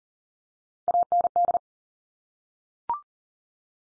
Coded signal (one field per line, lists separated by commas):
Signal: Morse code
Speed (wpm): 40 wpm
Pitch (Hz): 700 Hz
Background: none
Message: AND